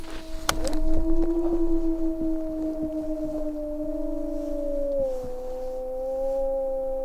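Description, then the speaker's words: Gray wolf howl held as a long, low, steady tone that drops slightly in pitch near the end, with occasional clicks. Wolves howling in Yellowstone National Park in winter, at 7:32; winter is a great time to hear them howl. "It's also a great time to hear the wolves howl."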